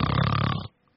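A single low, rattling snore-like noise of about 0.7 seconds, an adult's imitation of snoring.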